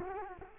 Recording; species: mosquito wingbeat signal from an infrared sensor; Culex quinquefasciatus